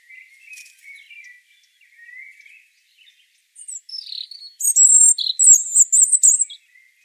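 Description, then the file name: European robin singing: soft, thin lower notes at first, then a louder burst of sparkling, very high twittering and trilled phrases in the second half. "Erithacus rubecula"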